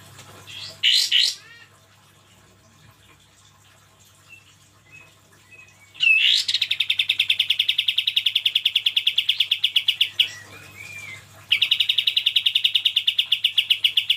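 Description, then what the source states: Bulbul song: two short bright whistled phrases, a pause, then a long rapid buzzy trill of evenly repeated notes that breaks briefly and resumes, with a faint low hum beneath. Used for training songbirds.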